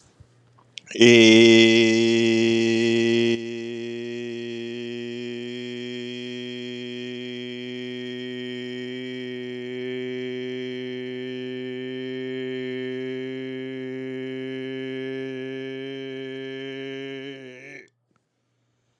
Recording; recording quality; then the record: sustained vowel as in made; excellent, no background noise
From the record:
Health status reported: exposed to COVID-19, no respiratory illness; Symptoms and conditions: cold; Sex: male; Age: 47 years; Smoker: not ticked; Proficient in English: yes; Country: United States